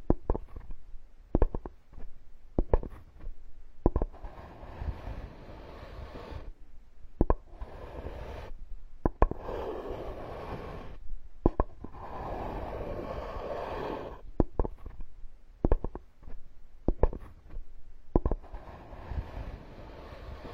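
Wooden tools work in a carpenter's workshop, with sharp knocks and taps landing irregularly every second or so. Between them comes a low, rubbing, rumbling scrape that swells around the middle and fades, with brief silent gaps scattered throughout.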